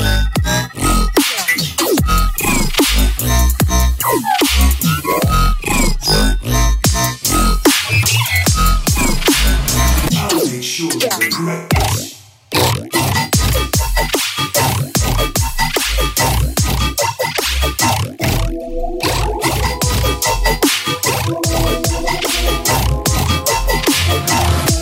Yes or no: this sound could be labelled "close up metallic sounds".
no